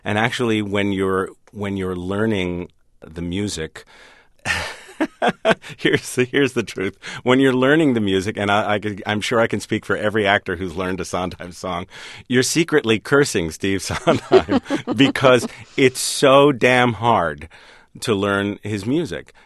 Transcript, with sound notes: And actually, when you're learning the music...
(SOUNDBITE OF LAUGHTER)
Here's the truth. When you're learning the music - and I'm sure I can speak for every actor who's learned a Sondheim song - you're secretly cursing Steve Sondheim....
(SOUNDBITE OF LAUGHTER)
...because it's so damn hard to learn his music.